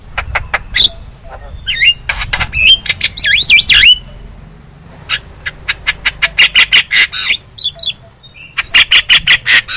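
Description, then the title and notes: Javan myna song of harsh squawks and twisting slurred whistles, followed by long strings of rapid clicking notes repeated nearly three times a second. Lure sound meant to prompt a silent myna to sing. "Pancingan Jalak Kebo Bisu. Kicau Jalak Kebo"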